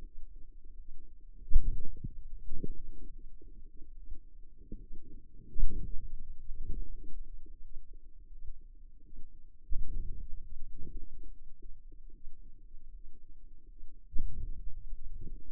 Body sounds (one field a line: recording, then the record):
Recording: forearm muscle sounds (acoustic myography)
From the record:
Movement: hand closing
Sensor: system 2, bracelet of six BSWA MPA416 microphones around the upper forearm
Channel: 3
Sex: female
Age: 23 years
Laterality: right